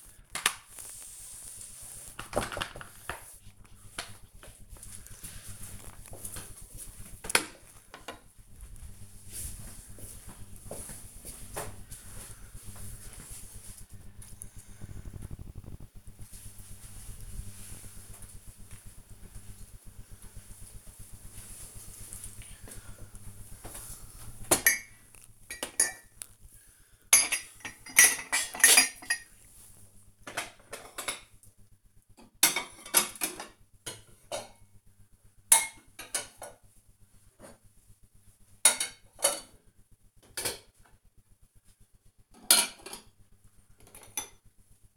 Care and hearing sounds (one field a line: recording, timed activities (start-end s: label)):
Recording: household activities, microphone on the right wrist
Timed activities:
0.00-5.67 s: floor cleaning
22.79-44.97 s: putting away the dishes